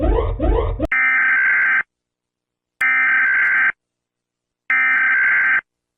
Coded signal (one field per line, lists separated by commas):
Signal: Emergency Alert System (SAME) tones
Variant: header bursts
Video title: Eas alarms in the Middle East